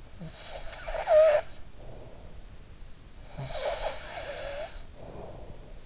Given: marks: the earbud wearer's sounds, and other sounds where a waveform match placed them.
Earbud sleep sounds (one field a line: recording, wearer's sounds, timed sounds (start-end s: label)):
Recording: sounds in sleep by an in-ear microphone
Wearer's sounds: snoring breath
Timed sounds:
0.00-2.23 s: snoring breath
2.97-5.77 s: snoring breath